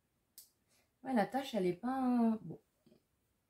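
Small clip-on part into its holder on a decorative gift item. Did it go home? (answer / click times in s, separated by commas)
yes / 0.4 s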